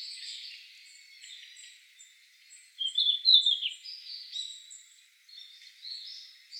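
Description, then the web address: Red-flanked bluetail song: a short, bright warbled phrase near the middle, with fainter high notes scattered through the background. "birdenaga ruribitaki"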